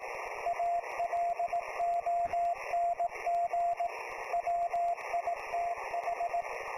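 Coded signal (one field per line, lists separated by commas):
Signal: Morse code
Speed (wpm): 18 wpm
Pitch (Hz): 690 Hz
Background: radio noise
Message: ALONG WITH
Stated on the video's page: Live HF reception of a QST bulletin on an FTDX-10.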